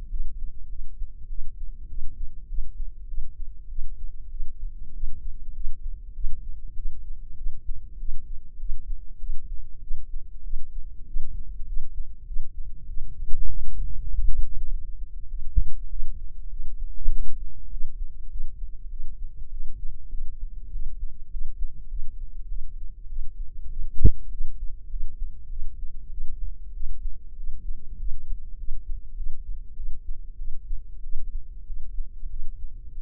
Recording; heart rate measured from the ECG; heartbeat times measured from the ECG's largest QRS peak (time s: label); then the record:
heart sounds by microphone in the left ear; 99 bpm
0.09 s: heartbeat
0.69 s: heartbeat
1.28 s: heartbeat
1.88 s: heartbeat
2.48 s: heartbeat
3.07 s: heartbeat
3.69 s: heartbeat
4.30 s: heartbeat
4.93 s: heartbeat
5.54 s: heartbeat
6.14 s: heartbeat
6.75 s: heartbeat
7.36 s: heartbeat
7.98 s: heartbeat
8.58 s: heartbeat
9.19 s: heartbeat
9.81 s: heartbeat
10.43 s: heartbeat
11.06 s: heartbeat
11.66 s: heartbeat
12.26 s: heartbeat
12.87 s: heartbeat
13.48 s: heartbeat
14.08 s: heartbeat
14.69 s: heartbeat
15.29 s: heartbeat
15.89 s: heartbeat
16.49 s: heartbeat
17.10 s: heartbeat
17.70 s: heartbeat
18.29 s: heartbeat
18.89 s: heartbeat
19.50 s: heartbeat
20.10 s: heartbeat
20.71 s: heartbeat
21.30 s: heartbeat
21.88 s: heartbeat
22.48 s: heartbeat
23.08 s: heartbeat
23.68 s: heartbeat
24.30 s: heartbeat
24.89 s: heartbeat
25.49 s: heartbeat
26.10 s: heartbeat
26.72 s: heartbeat
27.36 s: heartbeat
27.98 s: heartbeat
28.57 s: heartbeat
29.15 s: heartbeat
29.75 s: heartbeat
30.37 s: heartbeat
31.02 s: heartbeat
31.65 s: heartbeat
32.29 s: heartbeat
32.94 s: heartbeat
From the record:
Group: healthy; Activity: cold pressor test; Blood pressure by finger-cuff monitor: 92/60 mmHg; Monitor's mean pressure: 72 mmHg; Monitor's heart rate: 100 bpm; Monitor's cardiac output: 8.2 L/min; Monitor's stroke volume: 83 mL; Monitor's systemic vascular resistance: 620 dyn s/cm5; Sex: female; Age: 22 years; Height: 157 cm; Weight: 47.6 kg